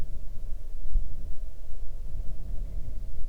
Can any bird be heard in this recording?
yes